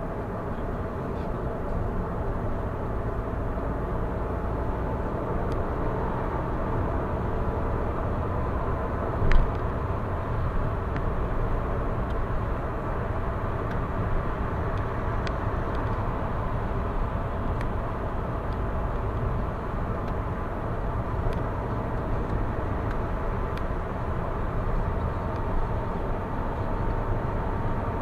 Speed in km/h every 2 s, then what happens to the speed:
76, 77, 86, 95, 101, 103, 104, 104, 95, 91, 88, 88, 86, 86.
2-11 speeds up to 104. 14-18 slows to 91. 18-28 steady at about 88.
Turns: none.